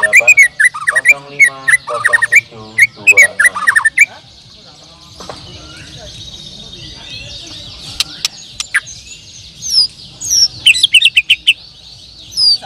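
Bird song: a dense burst of rapid chirps and rattling notes for four seconds, then scattered high sweeping notes over a quiet, buzzy background.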